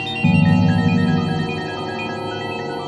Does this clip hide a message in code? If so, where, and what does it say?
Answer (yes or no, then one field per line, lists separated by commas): no